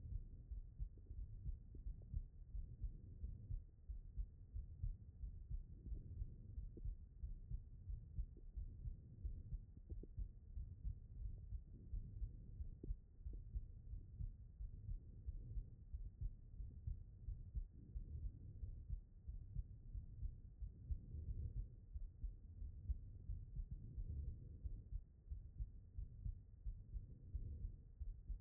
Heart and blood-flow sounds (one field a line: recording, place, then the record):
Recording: heart sounds by stethoscope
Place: aortic valve (AV)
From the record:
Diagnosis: non-HFrEF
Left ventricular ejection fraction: 72%